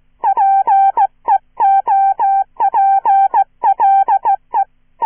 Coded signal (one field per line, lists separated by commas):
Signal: Morse code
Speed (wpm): 15 wpm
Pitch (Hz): 790 Hz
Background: none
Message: PEOPLE